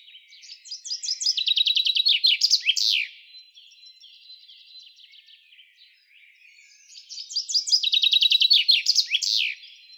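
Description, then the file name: Common chaffinch repeating its song twice, each a jaunty run of tumbling trilled notes ending in an emphatic flourish, with faint twittering between phrases. "Fringilla coelebs"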